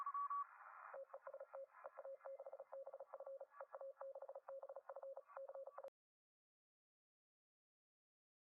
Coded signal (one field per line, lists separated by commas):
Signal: Morse code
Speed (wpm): 36 wpm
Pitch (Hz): 540 Hz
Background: radio noise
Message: TEST EA6BF EA6BF CI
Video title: Lo que hay que saber sobre los decibelios. Radioaficionados (enero/2021)